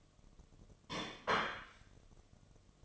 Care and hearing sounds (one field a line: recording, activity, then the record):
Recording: daily activity, microphone in the room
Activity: place plate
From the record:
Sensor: 4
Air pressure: 1005.1 hPa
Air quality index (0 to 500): 183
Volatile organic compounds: 5 ppm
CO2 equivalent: 1800 ppm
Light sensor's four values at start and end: 5/11/4/4 and 5/11/4/4